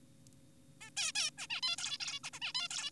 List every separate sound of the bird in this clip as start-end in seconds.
0.81-0.90, 0.97-1.12, 1.16-1.30, 1.38-1.47, 1.50-1.61, 1.63-1.76, 1.78-1.98, 2.00-2.20, 2.24-2.30, 2.33-2.40, 2.42-2.53, 2.55-2.68, 2.71-2.91